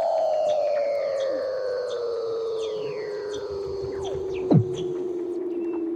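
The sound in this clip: Weddell seal calls: a long, smoothly descending tone with overlapping sliding tones, high chirps and a brief sharp downward sweep near the end.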